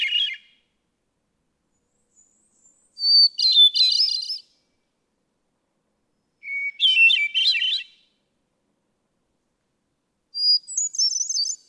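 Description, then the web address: Hermit thrush singing phrase after phrase, each starting with a clear held whistle and breaking into shimmering, flute-like flourishes, with phrases spaced several seconds apart at varying pitches. "birdsongforthecurious songs Hermit Thrush"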